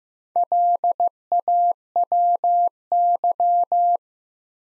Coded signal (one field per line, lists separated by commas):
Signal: Morse code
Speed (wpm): 15 wpm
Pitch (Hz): 700 Hz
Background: none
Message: LAWY